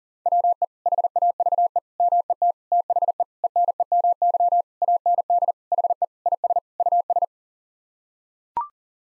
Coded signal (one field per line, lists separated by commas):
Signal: Morse code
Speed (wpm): 37 wpm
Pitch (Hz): 700 Hz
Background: none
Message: WE HAVE MET THE ENEMY AND HE IS US